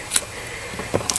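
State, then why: Seated. An electrical connector, which fits only one way, is pushed onto the replacement HVAC blower motor of a 2010 Mercedes-Benz ML350. A few short sharp ticks sound over a quiet background, and the connector snaps into place at 1.1 s, fully seated.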